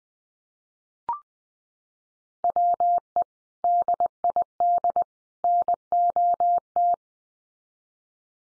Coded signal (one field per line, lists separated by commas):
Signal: Morse code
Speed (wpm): 20 wpm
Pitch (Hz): 700 Hz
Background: none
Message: WE DID NOT